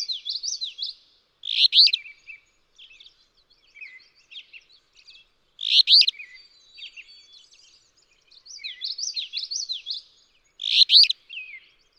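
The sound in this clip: Alder flycatcher singing its buzzy, snappy phrase three times, about every four to five seconds, alternating with twittering notes from other birds.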